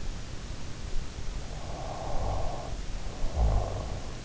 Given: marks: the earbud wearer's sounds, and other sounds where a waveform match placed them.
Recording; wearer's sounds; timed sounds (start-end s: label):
sounds in sleep by an in-ear microphone; snoring breath
1.51-3.95 s: snoring breath